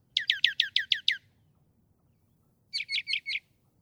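Northern mockingbird song: a quick string of seven sharp downslurred notes, a pause, then four buzzier chirps, with faint low rumble beneath.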